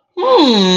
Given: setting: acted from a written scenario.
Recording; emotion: vocal sound without words; serenity